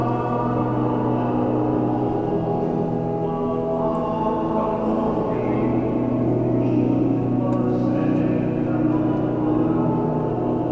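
A service at the Basilica Santa Maria Del Mar in Barcelona, carried by a steady wash of sustained low and middle tones, like held chords that barely change. Around the middle, a few higher notes shift and swell, and faint clicks sound twice.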